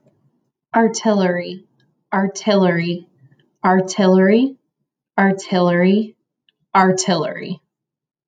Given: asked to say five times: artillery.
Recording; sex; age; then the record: repeated word; female; 20 to 29 years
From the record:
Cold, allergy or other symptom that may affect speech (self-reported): no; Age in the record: 28 years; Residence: Pennsylvania, United States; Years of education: 16